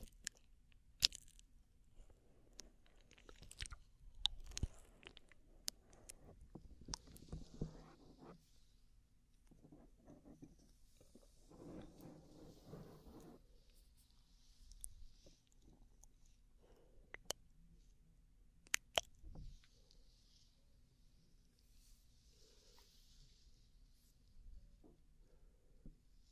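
Scalp massage and hair brushing: soft rustling and scratching strokes come in uneven bursts, busiest around 4–8 and 11–14 seconds. Sharp little clicks and taps pop out now and then, with a faint steady low hum underneath and quieter airy swishes near the end.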